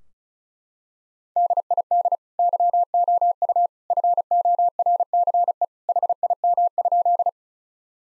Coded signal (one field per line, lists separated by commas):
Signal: Morse code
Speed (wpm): 36 wpm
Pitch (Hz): 700 Hz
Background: none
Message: DID YOU FORCE HIM?